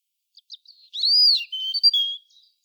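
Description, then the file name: European robin giving a short high phrase: a few faint ticks, then an arched whistled note followed by thin, sustained and wavering high whistles. "Erithacus rubecula"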